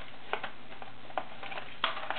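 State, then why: Seated. A decorative pattern cam, a small disc called a domino, is pushed onto the cam post of a vintage Singer Slant-O-Matic model 503A sewing machine. Several small ticks and taps are heard as it is handled, then a sharp click at 1.8 s as it snaps in and seats.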